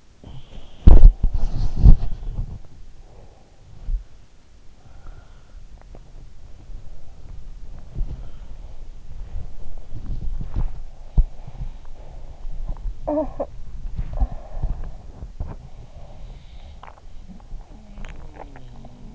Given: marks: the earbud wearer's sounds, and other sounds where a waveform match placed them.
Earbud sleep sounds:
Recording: sounds in sleep by an in-ear microphone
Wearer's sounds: body movement, breath, talking in sleep, swallowing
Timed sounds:
0.00-19.15 s: body movement
0.10-2.57 s: sound from someone else or the room
2.83-3.93 s: breath
3.67-5.75 s: sound from someone else or the room
6.66-9.16 s: sound from someone else or the room
7.73-10.20 s: breath
10.85-12.77 s: breath
12.93-13.65 s: talking in sleep
14.23-16.15 s: breath
15.75-19.15 s: sound from someone else or the room
17.25-18.75 s: swallowing

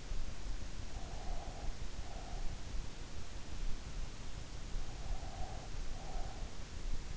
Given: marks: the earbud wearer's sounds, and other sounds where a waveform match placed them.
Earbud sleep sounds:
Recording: sounds in sleep by an in-ear microphone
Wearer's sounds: breath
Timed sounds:
0.84-3.04 s: breath
4.33-7.17 s: breath

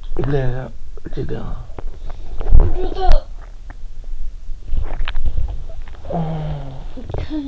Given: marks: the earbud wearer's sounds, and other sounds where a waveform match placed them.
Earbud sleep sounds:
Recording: sounds in sleep by an in-ear microphone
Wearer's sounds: talking in sleep, swallowing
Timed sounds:
0.00-1.96 s: talking in sleep
2.22-3.47 s: sound from someone else or the room
4.59-6.14 s: swallowing
6.13-7.48 s: sound from someone else or the room

